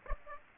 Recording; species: mosquito wingbeat signal from an infrared sensor; Aedes aegypti